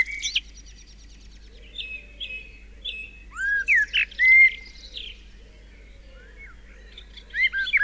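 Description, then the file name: Common blackbird song with soft whistled notes, then a louder fluty phrase that swoops up and down, followed by quieter twittering and a final short warble. "Turdus merula"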